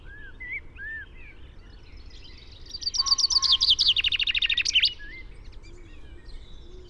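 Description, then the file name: Common chaffinch song: one loud burst of quick notes that tumble downward and end in a short flourish, with soft whistles from other birds before and after. "Fringilla coelebs"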